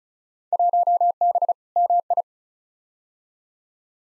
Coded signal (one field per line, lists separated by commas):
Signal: Morse code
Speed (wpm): 36 wpm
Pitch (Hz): 700 Hz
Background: none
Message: 1B MI